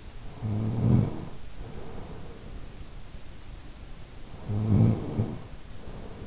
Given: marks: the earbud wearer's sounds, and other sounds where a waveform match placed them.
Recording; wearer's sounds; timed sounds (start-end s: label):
sounds in sleep by an in-ear microphone; snoring breath
0.12-2.85 s: snoring breath
4.02-6.27 s: snoring breath